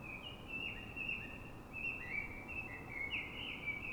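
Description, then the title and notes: Common blackbird singing a continuous run of mellow whistled notes that slide up and down, with quick twittery flourishes, above a low background hum. City blackbird singing before dawn in Fuenlabrada, Madrid, Spain, so other blackbirds can hear it before human noise begins; described as a call sound; recorded with a Zoom H1n recorder. "Pl. de Francisco Escolar, 10, 28944 Fuenlabrada, Madrid, España - Sonido Reclamo de Mirlo. Mirlo cantando, es un sonido de reclamo. Normalmente los Mirlos de las ciudades cantan antes del amanecer"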